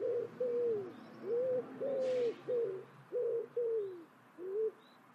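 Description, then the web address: Bird calling with a series of eight low cooing notes, several sliding downward, briefly broken by a soft rushing noise partway through. "cianscape. Deverinetal. Bird Only"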